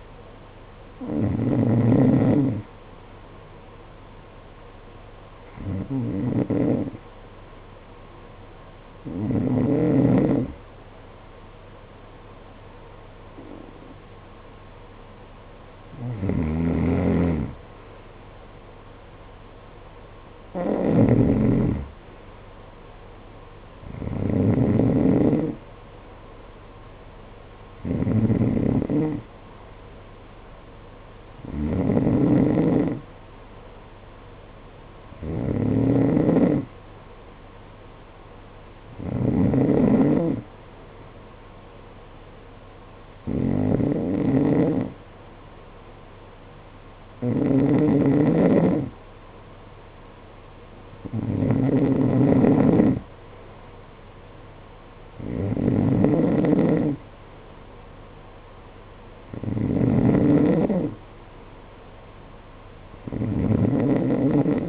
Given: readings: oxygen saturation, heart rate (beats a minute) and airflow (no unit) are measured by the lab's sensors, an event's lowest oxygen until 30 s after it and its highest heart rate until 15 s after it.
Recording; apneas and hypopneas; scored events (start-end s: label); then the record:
breathing in sleep by a voice recorder at the bedside; none
none scored
From the record:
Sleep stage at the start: N2 (light sleep); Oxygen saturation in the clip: 90 to 92%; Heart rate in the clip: 52 to 59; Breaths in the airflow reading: 16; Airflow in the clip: -9.3 to 6.5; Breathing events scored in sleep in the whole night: 476 in 9.7 hours asleep